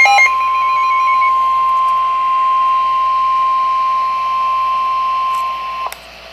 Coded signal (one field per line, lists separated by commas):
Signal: Emergency Alert System (SAME) tones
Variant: 1050 Hz attention tone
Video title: EAS #52 Special Marine Warning 7/20/13 3:52PM